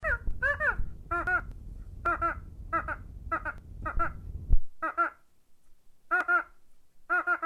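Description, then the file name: Duck giving short nasal quacks in quick pairs and triplets, with a low rumbling background during the first half. "canard"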